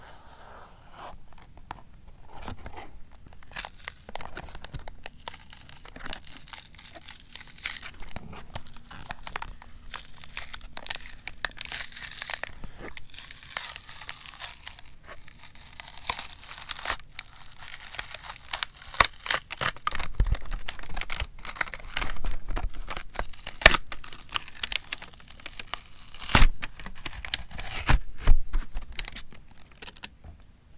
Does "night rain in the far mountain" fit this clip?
no